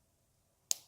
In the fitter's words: it locks into place here